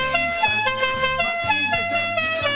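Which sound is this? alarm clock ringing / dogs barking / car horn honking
car horn honking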